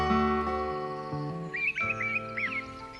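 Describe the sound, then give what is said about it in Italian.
Short, bright chirps and warbling tweets of birds in the trees of a castle garden enter halfway through, rising and falling over a steady bed of soft sustained musical tones, with no one speaking. “Facevano le capriole sull'erba soffice, si nascondevano dietro i cespugli fioriti e si arrampicavano sugli alberi dove gli uccelli cinguettavano dolcemente.”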